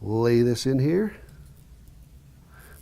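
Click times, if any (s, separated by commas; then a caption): none. Someone talks while laying a shielded CAT5E keystone jack into the cavities of a termination tool, lining it up with the blades before crimping. After the speech, only a couple of faint handling sounds follow, near 1.6 and 1.9 seconds. Nothing has seated or clicked yet.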